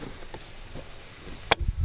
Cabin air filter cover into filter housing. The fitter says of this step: and they're okay i'm just going to push firmly one click two